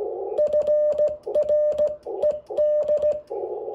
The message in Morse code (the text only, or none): FRED